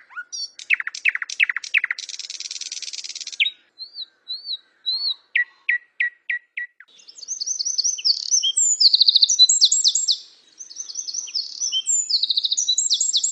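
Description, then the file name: Lark song, a fast sequence of sharp repeated notes, a buzzy trill and thin whistles, then a long run of high, rapidly repeated chattering phrases. Masteran training audio for songbirds. "masteran untuk lark"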